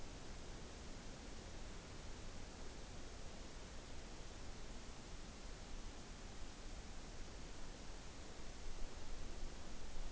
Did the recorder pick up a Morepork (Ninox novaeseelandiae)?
no